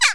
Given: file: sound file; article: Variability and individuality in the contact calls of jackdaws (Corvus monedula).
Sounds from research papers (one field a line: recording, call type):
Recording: jackdaw call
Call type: harmonic